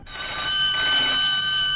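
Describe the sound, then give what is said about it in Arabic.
A telephone rings with a steady, bright electronic tone, several high harmonic pitches held continuously and loudly for the whole moment, with no voices over it. “مش بقول لك التليفون متعصبني، حاجه غريبه.”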